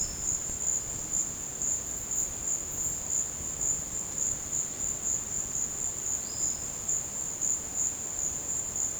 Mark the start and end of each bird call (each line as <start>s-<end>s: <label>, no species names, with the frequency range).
6.18s-6.91s: bird call (3.7-5.4 kHz)